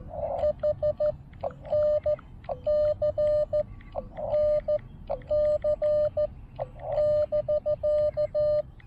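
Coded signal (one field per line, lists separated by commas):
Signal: Morse code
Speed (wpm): 14 wpm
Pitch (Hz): 590 Hz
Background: radio noise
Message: H NC NC <BK>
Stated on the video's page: Morse from a first CW Parks on the Air activation.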